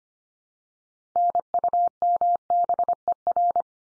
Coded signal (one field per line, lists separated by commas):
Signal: Morse code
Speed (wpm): 25 wpm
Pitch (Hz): 700 Hz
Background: none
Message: NUMBER